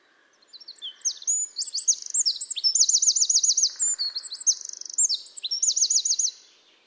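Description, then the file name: Eurasian wren song: a six-second torrent of very high, rapid notes with fast rattling trills mid-phrase and near the end; a faint low buzz briefly underneath. "Troglodytes troglodytes"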